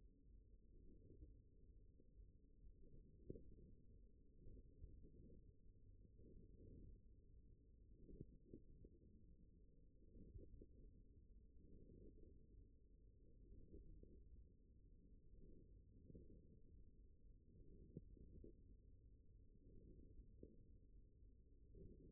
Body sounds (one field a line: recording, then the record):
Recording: forearm muscle sounds (acoustic myography)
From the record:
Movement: wrist extension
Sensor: system 1, eight BSWA MPA416 microphones around the upper forearm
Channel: 7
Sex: male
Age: 42 years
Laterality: right